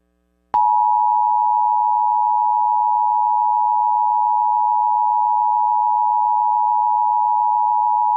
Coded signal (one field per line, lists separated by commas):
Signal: Emergency Alert System (SAME) tones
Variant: 853 and 960 Hz attention tone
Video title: EAS MOCK 42- AMBER ALERT FOR WARREN AND BARRON COUNTY KENTUCKY